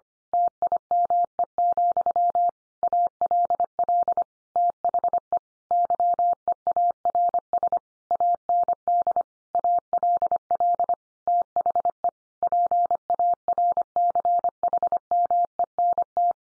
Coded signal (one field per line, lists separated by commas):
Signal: Morse code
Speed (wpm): 25 wpm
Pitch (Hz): 700 Hz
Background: none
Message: TIME, ALL THE YEARS AND ALL THE PARCHMENT